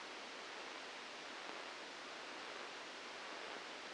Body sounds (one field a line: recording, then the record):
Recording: brain microelectrode recording played as sound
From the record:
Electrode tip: outside the subthalamic nucleus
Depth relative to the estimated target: 2 mm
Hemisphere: left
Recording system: NeuroSet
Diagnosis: Parkinson's disease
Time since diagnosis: 8 years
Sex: male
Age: 59 years